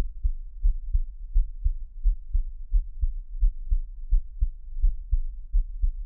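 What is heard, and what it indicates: Steady, regular low heartbeat thumps from an adult's own heart, heard up close, with no talking, as an ASMR track.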